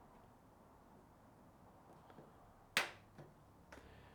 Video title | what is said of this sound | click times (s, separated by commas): LED License Plate Light Install for Subaru 2015-2021 WRX/STI (+ More Models) - SP3C BUiLT | once you hear it click you're good to go then | 2.8 s